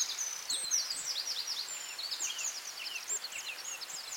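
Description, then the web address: Many birds singing at once, a tangle of quick high whistled slurs, chirps and short trills overlapping without pause. Dawn chorus at dawn in Anglesey, Wales. "beanstalk-audio Dawn chorus in Anglesey Wales"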